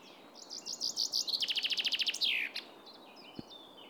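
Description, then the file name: Common chaffinch song, one phrase of rapid high notes becoming a strong rhythmic trill and ending in a sweeping downward flourish, followed by faint soft chirps and a brief click. "Fringilla coelebs"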